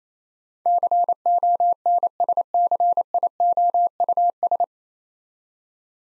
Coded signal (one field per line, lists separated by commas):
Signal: Morse code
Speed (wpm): 27 wpm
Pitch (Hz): 700 Hz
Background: none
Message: CONSCIOUS